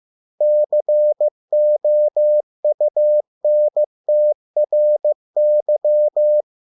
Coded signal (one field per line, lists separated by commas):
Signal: Morse code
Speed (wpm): 15 wpm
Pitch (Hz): 600 Hz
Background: none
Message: COUNTRY